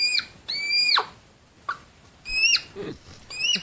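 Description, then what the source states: Hedgehog mating noise: high, bird-like whistled squeals with sharp falling ends, in several bursts separated by short pauses. Male and female hedgehogs mating near a school in Germany; the noise was reported to police as a disturbance.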